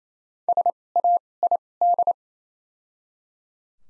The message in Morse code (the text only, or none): S A I D